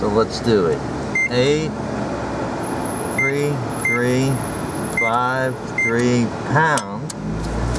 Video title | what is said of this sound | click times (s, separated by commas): Removing a NYC boot from your car (legally) | You heard you heard the click and two beeps. | 7.1 s